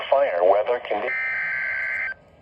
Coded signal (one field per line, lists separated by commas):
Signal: Emergency Alert System (SAME) tones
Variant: header bursts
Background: speech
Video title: WEATHER RADIO EAS CAPTURE COMPILATION FROM 3/14/2025